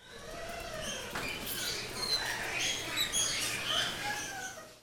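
Bird calls: a busy mix of high chirps, short whistles and twittering notes throughout, with a faint low hum underneath.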